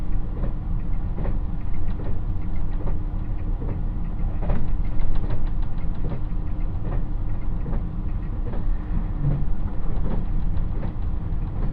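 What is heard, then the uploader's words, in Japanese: Inside the Nanpu 26 limited express on the Dosan Line, a steady low rumble with a faint hum and regular rail clicks every second or so. 土讃線特急南風26号 阿波池田→多度津。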